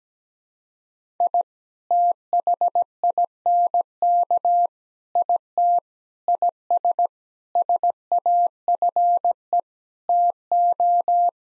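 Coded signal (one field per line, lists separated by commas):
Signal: Morse code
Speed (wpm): 17 wpm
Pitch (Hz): 700 Hz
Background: none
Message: I THINK IT IS SAFE TO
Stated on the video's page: Morse practice at 17 wpm: sentences with common eight-word phrases, first words spoken, then sent, spoken, and sent again.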